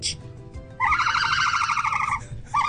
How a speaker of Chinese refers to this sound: 呢只 鸵鸟咁系咪？ 鸵鸟嚟嘅就系